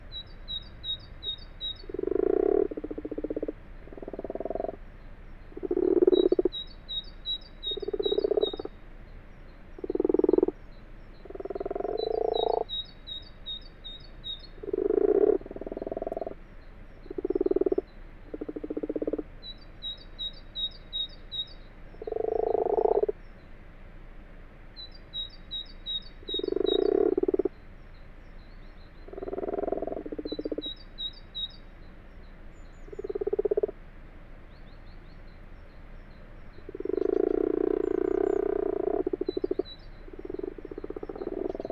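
Common frogs purr and coo inside a stone washhouse, a steady run of low, throaty croaks, each lasting about a second, sometimes overlapping into longer rolls. Every few seconds a thin, rapid high ticking series sounds above them.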